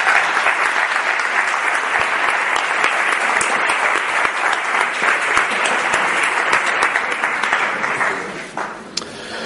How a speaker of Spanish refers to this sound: Un aplauso.